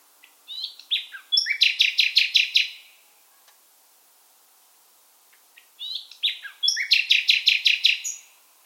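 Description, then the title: Common nightingale singing two similar phrases about five seconds apart, each opening with a few whistles and ending in a loud, fast, repeated trill. Singing in full voice; species migrates from Africa. "LS REVISITED - NIGHTINGALE IN FULL VOICE"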